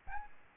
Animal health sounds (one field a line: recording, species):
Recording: mosquito wingbeat signal from an infrared sensor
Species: Aedes albopictus